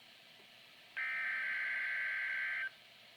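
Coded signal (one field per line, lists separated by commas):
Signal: Emergency Alert System (SAME) tones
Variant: header bursts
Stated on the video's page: Two Required Weekly Tests from weather radio stations.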